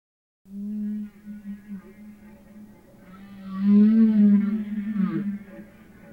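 Humpback whale song with long low moans, a steady tone at first, then a louder swelling cry with bright harmonics that bends and fades toward the end.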